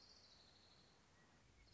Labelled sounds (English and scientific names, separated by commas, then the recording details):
Orange-crowned Warbler (Leiothlypis celata)
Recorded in Sonoma County, California